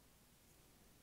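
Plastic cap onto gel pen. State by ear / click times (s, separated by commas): not seated / none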